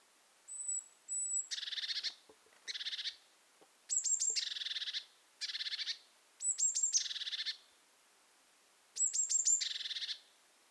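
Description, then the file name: Eurasian blue tit giving high, thin whistled notes and harsh buzzy churring phrases in several irregular bursts, with faint low ticks in between. "Cyanistes caeruleus"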